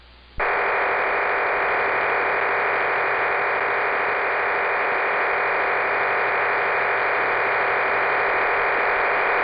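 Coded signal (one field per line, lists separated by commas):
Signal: numbers station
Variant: HM01 digital data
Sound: sudden steady wideband rushing data hiss filling the whole clip, no voice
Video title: 10 01 2023 Numbers HM01 Cuban Spy in Spanish 0855 on 11462 Bejucal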